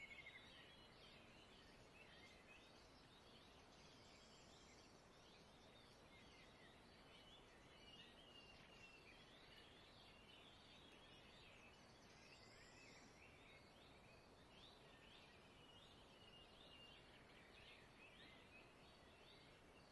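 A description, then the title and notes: Birds sing continuously against a steady wash of noise, their chirps and short trills scattered densely through the upper range. A brief brighter call comes around twelve seconds, while a low rumbling hiss stays constant underneath. Bird Song & Bird Sounds.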